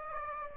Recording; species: mosquito wingbeat signal from an infrared sensor; Aedes aegypti